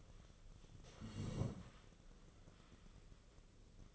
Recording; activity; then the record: daily activity, microphone in the room; sit down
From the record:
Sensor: 4